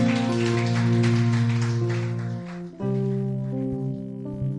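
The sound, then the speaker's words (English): A church audience claps for God steadily in a dense, crackling wash over sustained keyboard chords; the applause fades after a couple of seconds while the held chords continue and shift. “Please clap for God.”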